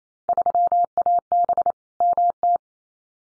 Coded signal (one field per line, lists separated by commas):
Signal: Morse code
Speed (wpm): 28 wpm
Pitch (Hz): 700 Hz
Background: none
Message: 3AB MT